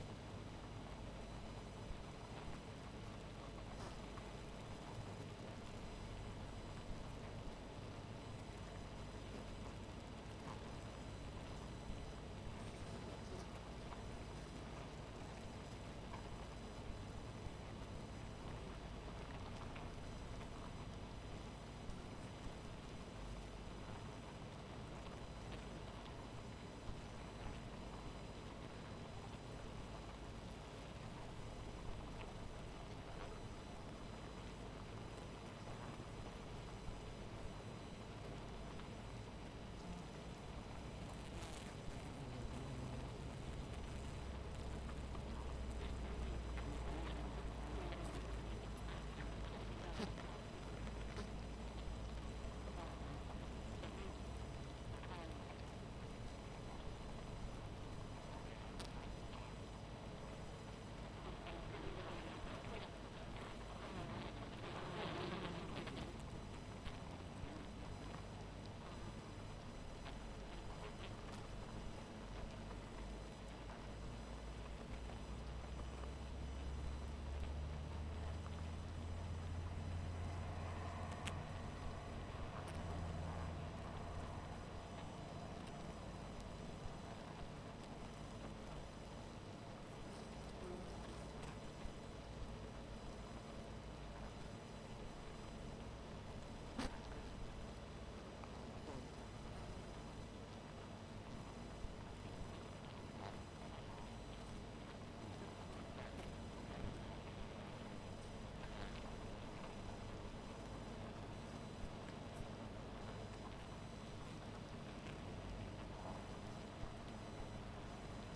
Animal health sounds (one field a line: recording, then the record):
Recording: honeybee colony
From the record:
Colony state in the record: missing queen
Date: 14 July 2017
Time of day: 0:20